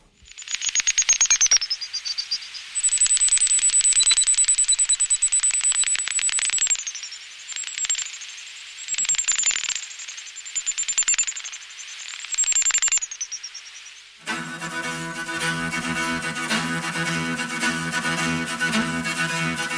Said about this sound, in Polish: Tylko jak usłyszeć nietoperza, skoro wydawane przez niego dźwięki nie są słyszalne dla ludzkiego ucha? To proste. Najpierw nietoperza nagrywamy, potem nagranie przetwarzamy. A wtedy słychać coś takiego.